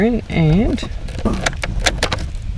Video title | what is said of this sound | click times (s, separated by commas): How to Swap the Steering Wheel on Your Holden Commodore | pops out there we go | 2.0 s